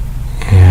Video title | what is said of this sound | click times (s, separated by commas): Unboxing A Personal Trimmer That I Bought On Amazon | it clicks into place and now you | 0.4 s